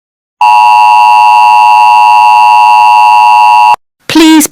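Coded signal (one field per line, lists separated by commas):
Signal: Emergency Alert System (SAME) tones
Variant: 853 and 960 Hz attention tone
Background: speech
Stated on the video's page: Fictional EAS scenario.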